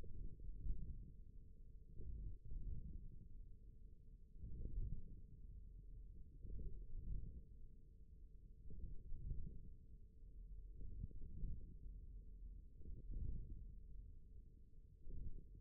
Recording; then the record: forearm muscle sounds (acoustic myography)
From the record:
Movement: hand closing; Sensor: system 1, eight BSWA MPA416 microphones around the upper forearm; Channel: 2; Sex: male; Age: 41 years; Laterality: right